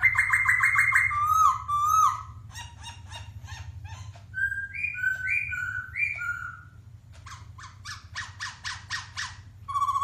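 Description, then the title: Masked laughingthrush song: loud, varied whistled phrases with harsh buzzy notes and rising and falling slurs, over a steady low hum. Song said to captivate other birds. "Suara Poksai Hongkong Memukau Burung Yang Lain"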